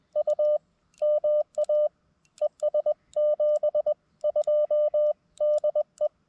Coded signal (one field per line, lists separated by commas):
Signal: Morse code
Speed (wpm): 20 wpm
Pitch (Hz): 600 Hz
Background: none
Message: U MA ES 72 DE